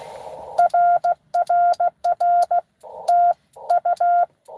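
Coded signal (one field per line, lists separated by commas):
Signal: Morse code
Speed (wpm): 16 wpm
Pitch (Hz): 700 Hz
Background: none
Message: RRR TU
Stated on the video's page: Live park activation (POTA).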